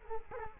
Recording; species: mosquito wingbeat signal from an infrared sensor; Culex quinquefasciatus